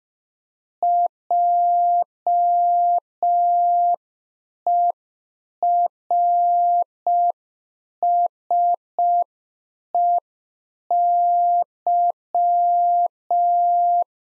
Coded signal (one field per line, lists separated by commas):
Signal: Morse code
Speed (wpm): 5 wpm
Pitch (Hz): 700 Hz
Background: none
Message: JERSEY